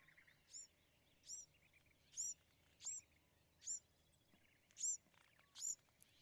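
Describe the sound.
Bewick's wren: a series of seven sharp high notes, a little under a second apart, over steady background noise.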